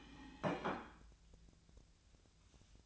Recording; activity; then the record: daily activity, microphone in the room; place plate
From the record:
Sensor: 2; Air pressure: 1009.2 hPa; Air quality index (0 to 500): 186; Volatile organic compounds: 11 ppm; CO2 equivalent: 2310 ppm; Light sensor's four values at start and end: 23/56/24/26 and 23/56/24/26